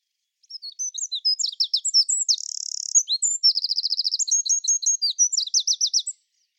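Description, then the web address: Bird song, varied high chirps, a buzzy sustained trill, then rapid repeated notes and a final flourish of twitters, clear and uninterrupted. "Bird Only"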